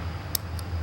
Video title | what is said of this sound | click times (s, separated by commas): Benchmade 940 EDC Gauntlet Review #KnifeThursday Ep13 - RevHiker | you hear that like little click when I pull back on the access lock it's only when you really whip it open | 0.4 s